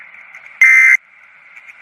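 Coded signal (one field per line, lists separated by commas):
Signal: Emergency Alert System (SAME) tones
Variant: end-of-message bursts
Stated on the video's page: Fictional EAS scenario.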